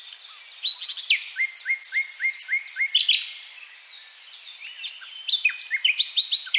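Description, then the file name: Common nightingale song: a fast series of loud repeated notes, a softer pause, then a renewed burst of high chattering notes. "Luscinia megarhynchos"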